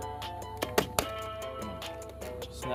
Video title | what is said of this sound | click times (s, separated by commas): CHEVY/GMC 99 to 07 1500 fuel pump or sending unit replacement | this one you just put back in here. Snaps back in there. | 0.8 s, 1.0 s